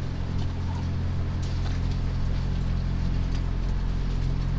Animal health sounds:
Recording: poultry house recording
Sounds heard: sick chickens (respiratory disease)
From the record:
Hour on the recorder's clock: 3

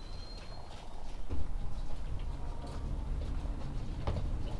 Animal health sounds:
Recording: poultry house recording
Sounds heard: sick chickens (respiratory disease)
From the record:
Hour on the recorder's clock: 19

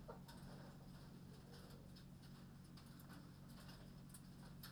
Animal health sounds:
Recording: poultry house recording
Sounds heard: healthy chickens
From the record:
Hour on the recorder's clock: 21

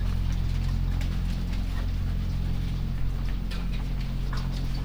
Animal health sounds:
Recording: poultry house recording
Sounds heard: sick chickens (respiratory disease)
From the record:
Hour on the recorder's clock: 2

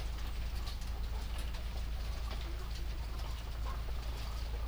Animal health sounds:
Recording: poultry house recording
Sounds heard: sick chickens (respiratory disease)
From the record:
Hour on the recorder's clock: 22

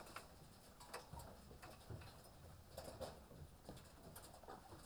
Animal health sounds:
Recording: poultry house recording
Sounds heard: healthy chickens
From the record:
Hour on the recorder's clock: 18

